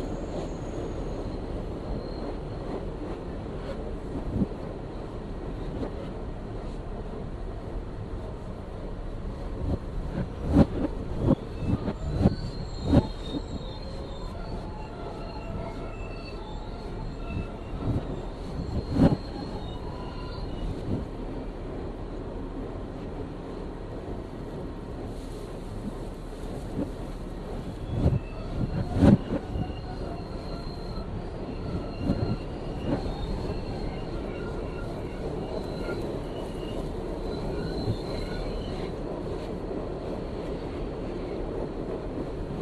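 A subway ride on the 3 train between Clark Street and Atlantic Avenue in Brooklyn, NY, with a steady low rumble throughout. Sharp clanks and knocks from the wheels come in clusters around 10–13, 19 and 28–33 seconds, with faint high squeals over the roar.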